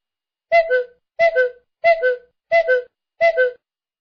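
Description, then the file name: Cuckoo call, a clear two-note falling 'cu-coo' repeated five times at steady intervals of under a second, with nothing else heard. "cuckoo bird"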